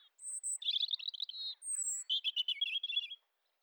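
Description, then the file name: European robin song with high thin whistles alternating with quick warbled, tumbling phrases in two bursts. "Erithacus rubecula"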